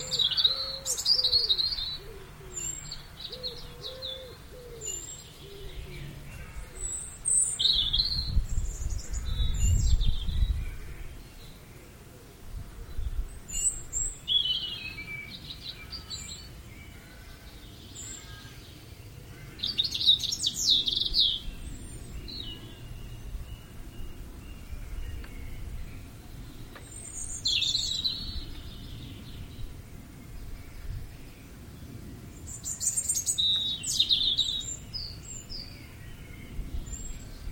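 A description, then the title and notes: A dawn chorus of blackbirds, robins, dunnocks and great tits, with bright overlapping songs and chirps scattered throughout. A low rumble swells around the ten-second mark, and a faint steady hum runs underneath. Extended recording of the dawn chorus from a Wiltshire village. Deep in a Wiltshire vale, the comforting tang of woodsmoke hangs over a slumbering village. It's 5am and still dark but a magical chorus of blackbirds, robins, dunnocks and great tits greets the coming dawn. Recorded by Tanya Jackson.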